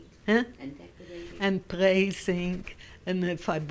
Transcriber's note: daughter talks to her off mike